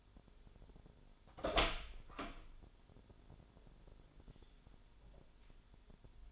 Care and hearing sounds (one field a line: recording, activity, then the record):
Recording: daily activity, microphone in the room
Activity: open door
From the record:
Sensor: 5